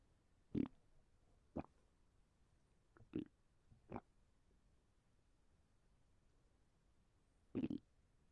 Hunger stomach noises.